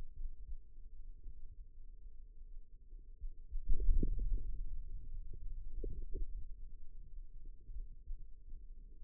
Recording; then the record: forearm muscle sounds (acoustic myography)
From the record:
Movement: hand opening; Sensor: system 2, bracelet of six BSWA MPA416 microphones around the upper forearm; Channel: 4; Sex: male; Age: 22 years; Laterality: right